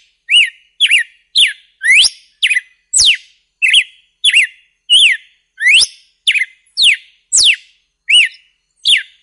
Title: Galo De Campina